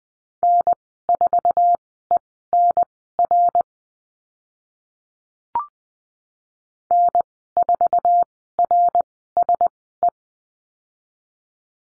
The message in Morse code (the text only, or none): N4ENR N4RSE